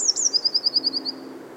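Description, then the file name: Eurasian blue tit singing a pair of high, thin introductory notes followed by a rapid trill of about eight bright notes. "Cyanistes caeruleus"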